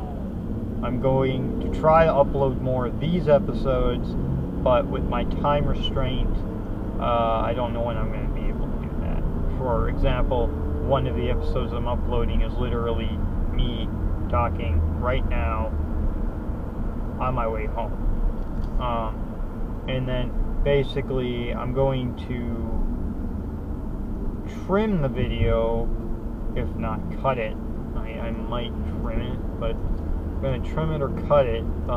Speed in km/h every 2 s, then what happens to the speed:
26, 35, 53, 58, 58, 60, 63, 61, 63, 56, 55, 47, 44, 44, 48, 50.
0-11 speeds up to 63. 11-16 steady at about 63. 16-24 slows to 44. 24-32 speeds up to 50.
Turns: none.